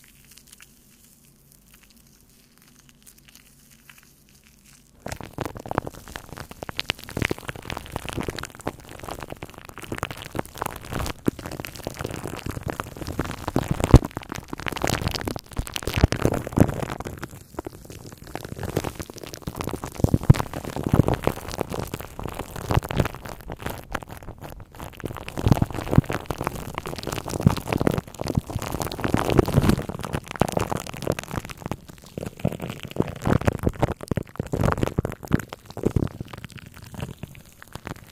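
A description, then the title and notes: Microphone scratching and rubbing with shaving foam, beginning after about five seconds of near silence with a faint low hum. From then on a dense, busy stream of scratchy, crackling friction runs to the end, rising and falling in bursts with brief dips. Different Mic Scratching & Rasierschaum.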